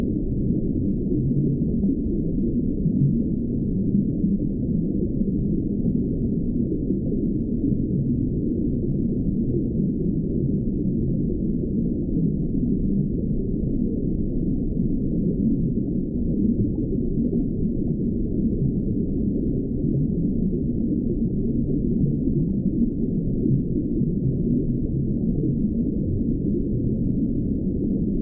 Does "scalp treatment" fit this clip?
no